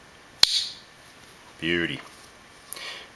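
A folding pocket knife with mother of pearl handles has its blade worked against the backspring, and the blade snaps into place with a loud, sharp snap at 0.4 s. Someone talks briefly, and a second, softer click follows at 2.7 s.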